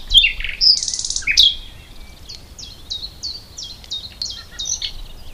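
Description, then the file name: Common nightingale giving harsh buzzy notes and a dry rattle, then a run of sharp, evenly repeated chirps. "Luscinia megarhynchos"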